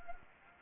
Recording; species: mosquito wingbeat signal from an infrared sensor; Anopheles arabiensis